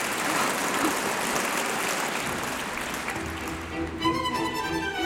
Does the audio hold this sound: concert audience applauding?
yes